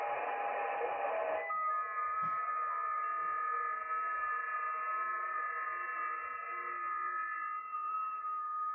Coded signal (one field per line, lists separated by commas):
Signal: FT8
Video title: Danny Shortwave And Radio DX Live Stream #182 12/21/2024 FT4 FT8 SSB DMR C4FM Shortwave Ham Radio